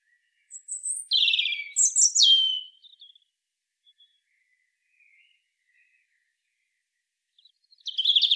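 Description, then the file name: European robin song, a short burst of high sliding whistles and warbles, a long quiet gap with tiny notes, then another phrase begins at the end. "Erithacus rubecula"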